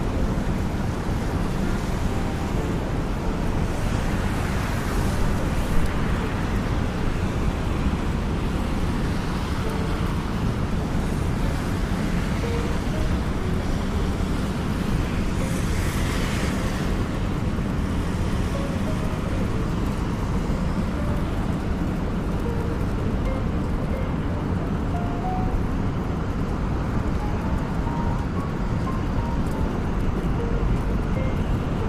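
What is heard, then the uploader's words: Steady rain over a constant low city rumble of traffic, with brief passing swishes around 5 and 16 seconds and faint scattered tones. Raining Day In New York.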